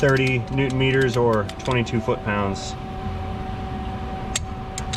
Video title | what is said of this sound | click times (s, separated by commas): My Last Job….If YOU don’t care, how can I? | there's a click | 4.4 s